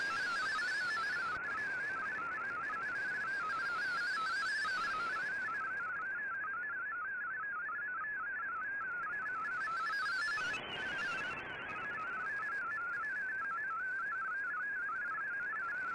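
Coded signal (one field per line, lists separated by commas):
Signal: multi-tone FSK (Olivia or MFSK type)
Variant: MFSK32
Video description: Here is my decode of the Shortwave Radiogram broadcast today on 15770Khz shortwave radio at 1300UTC in MFSK32 and 64 with 10 SSTV images.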